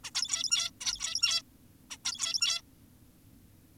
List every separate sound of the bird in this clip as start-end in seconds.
0.04-0.11, 0.15-0.71, 0.81-1.43, 1.91-1.97, 2.05-2.62